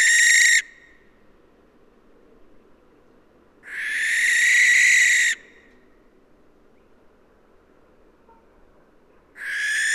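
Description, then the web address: Barn owl screeches: harsh drawn-out hissing shrieks separated by silences of about three to four seconds. "Schleiereule - Schleiereule - Tyto alba"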